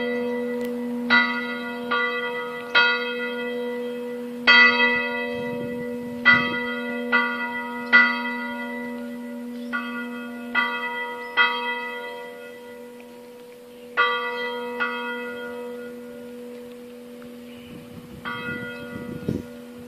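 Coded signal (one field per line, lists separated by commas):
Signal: bell signal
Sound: about 15 resonant church bell strikes at uneven intervals over a lingering hum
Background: outdoor ambience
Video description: Alle 12:01 e 30 secondi, parte il segnale orario e poi la distesa della campana maggiore.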